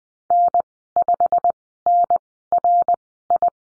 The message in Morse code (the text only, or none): N5NRI